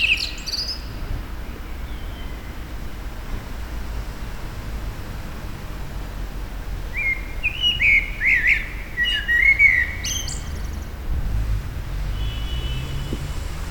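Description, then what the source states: Common blackbird song with a clear fluted phrase followed by thin, high twittering notes, then quiet; a constant low hum fills the background. Recorded at a petrol station in April 2021.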